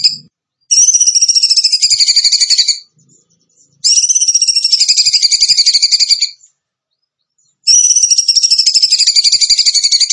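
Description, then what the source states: Bird song: three long, strident, high trills, separated by short silences. Training track (masteran) of a songbird in the tembakan gacor song style.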